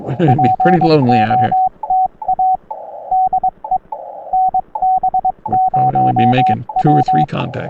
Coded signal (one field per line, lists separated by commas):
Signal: Morse code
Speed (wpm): 22 wpm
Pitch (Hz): 750 Hz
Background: speech, radio noise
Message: POTA DE NB0W